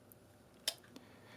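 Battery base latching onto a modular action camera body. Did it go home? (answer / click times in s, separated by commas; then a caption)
yes / 0.7 s. The battery base of an Insta360 One R modular action camera is lined up on its guide posts and holes with the right side in first, then the left side is brought up so the plastic latch snaps home onto the camera module. A small, sharp click sounds at 0.7 s, with a couple of fainter ticks around it, and the battery base is seated.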